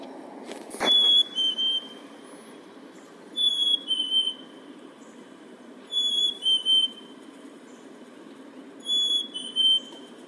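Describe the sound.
Bird whistles a pure high note then a lower, wavering one, the phrase returning about every two and a half seconds after a brief click at the start.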